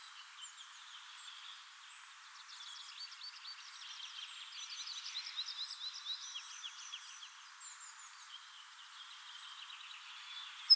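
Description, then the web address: Eurasian wren song, faint rapid trills and high chattering notes running from about the third to eighth second, a quieter stretch before and after, with light background hiss. Song recorded at Wiesloch. "Wiesloch Zaunkönig Gesang"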